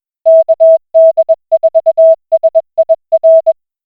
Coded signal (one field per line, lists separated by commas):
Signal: Morse code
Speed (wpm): 21 wpm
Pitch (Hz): 650 Hz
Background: music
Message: KD4SIR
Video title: The KD4SIR shack is now radio active!